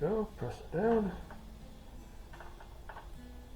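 The metal outer shell of a lamp socket is being handled and pressed down onto its socket cap while someone talks. A few faint taps and handling noises follow. Nothing has seated or clicked yet.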